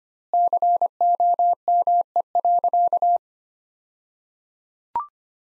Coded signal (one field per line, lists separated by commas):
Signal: Morse code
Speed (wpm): 25 wpm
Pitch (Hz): 700 Hz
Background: none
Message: COME.